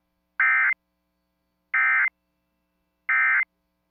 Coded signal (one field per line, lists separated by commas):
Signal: Emergency Alert System (SAME) tones